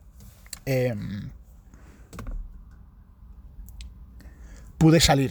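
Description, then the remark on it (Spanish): A Surface tablet's keyboard is pulled off with a sharp plastic click and some faint handling rustle, between two short bursts of a voice making wordless sounds. “voy a colocarme mejor la Surface y le voy a quitar el teclado.”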